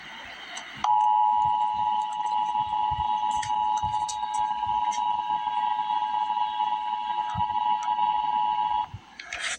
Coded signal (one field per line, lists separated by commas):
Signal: Emergency Alert System (SAME) tones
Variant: 853 and 960 Hz attention tone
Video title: Emergency Alert System - Wind Advisory - Oct 18, 2025 at 10:13 PM EDT